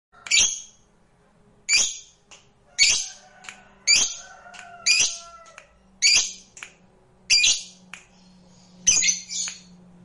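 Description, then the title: Lovebird repeating sharp, harsh, high chirps roughly once a second, with a thin whistled tone sounding in the background between some calls. A lazy lovebird reluctant to sing, stimulated into eager, spontaneous singing. "LOVEBIRD Malas Bunyi JADI GREGET SPONTAN Langsung NARIK"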